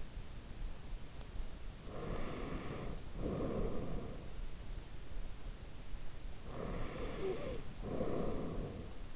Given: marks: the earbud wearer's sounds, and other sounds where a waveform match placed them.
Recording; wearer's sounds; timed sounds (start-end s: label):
sounds in sleep by an in-ear microphone; breath, snoring breath
1.79-4.31 s: breath
6.45-9.16 s: snoring breath